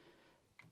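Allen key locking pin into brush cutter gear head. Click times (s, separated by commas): 0.6 s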